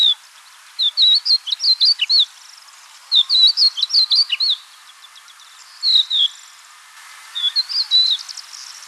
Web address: galerida cristata call